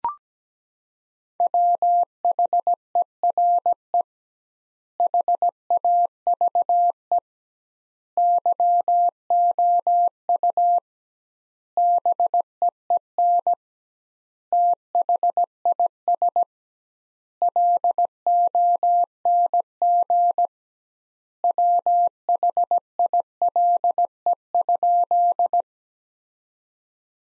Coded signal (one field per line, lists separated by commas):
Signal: Morse code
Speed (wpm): 17 wpm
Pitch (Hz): 700 Hz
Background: none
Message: WHERE HAVE YOU BEEN THIS LONG WHILE?